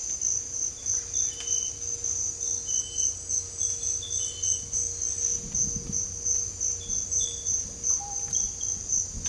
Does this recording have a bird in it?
no